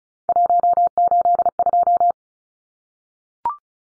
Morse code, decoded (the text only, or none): 182